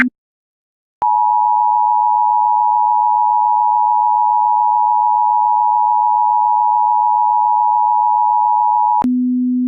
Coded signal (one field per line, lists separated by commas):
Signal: Emergency Alert System (SAME) tones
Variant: 853 and 960 Hz attention tone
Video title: (ARCHIVED) EAS Mock/Scenario: A Tornado Emergency For Sacramento? The Demise of San Francisco.